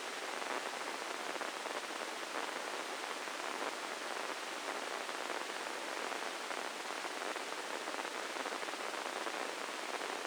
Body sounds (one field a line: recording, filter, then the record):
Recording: brain microelectrode recording played as sound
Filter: spike band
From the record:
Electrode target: subthalamic nucleus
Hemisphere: left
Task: reaching with the right hand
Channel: 1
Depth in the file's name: 4.826 mm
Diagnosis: Parkinson's disease